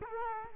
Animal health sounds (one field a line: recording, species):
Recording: mosquito wingbeat signal from an infrared sensor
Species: Culex quinquefasciatus